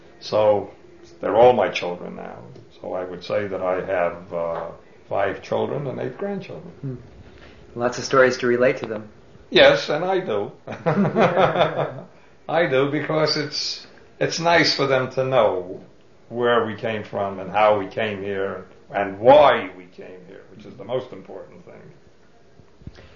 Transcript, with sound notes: So they're all my children now, so I would say that I have five children and eight grandchildren.
Hmm. Lots of stories to relate to them.
Yes. And I do. ( they laugh ) I do, because it's, it's nice for them to know where we came from and how we came here, and why we came here, which is the most important thing.